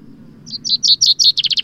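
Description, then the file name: Common chaffinch song fragment: a few spaced high chirps giving way to a faster run of repeated notes, cut off before any ending flourish. "Fringilla coelebs"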